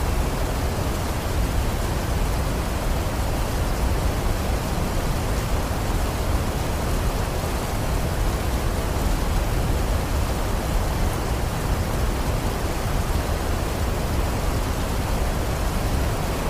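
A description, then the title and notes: A waterfall pours in a steady, unbroken rush. The sound is dense and even from start to finish, with a heavy low roar beneath a softer hiss. Nothing else stands out from the continuous wash of falling water. Peaceful Waterfall Sounds White Noise.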